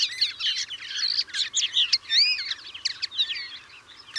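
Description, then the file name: European greenfinch twittering fast, mixing chirps with swooping rising and falling notes and brief trills, running almost without a break. "Chloris chloris"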